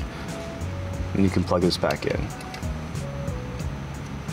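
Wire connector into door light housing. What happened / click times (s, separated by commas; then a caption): Handled, connector not yet seated; no seating click / none. On a 1995–2002 fourth-generation BMW 5 Series E39, the wire connector of the door courtesy light is being handled to plug back into the door light housing while someone talks over background music. The connector is not home yet, and nothing has seated or clicked in this clip.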